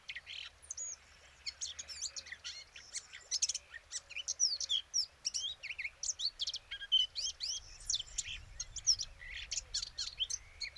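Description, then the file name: Eurasian blackcap song, busy bursts of varied chirps, slurred whistles and fast twittering. "Sylvia atricapilla"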